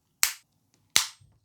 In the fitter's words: Just push the top piece backwards and it should click into place.